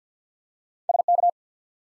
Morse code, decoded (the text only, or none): S K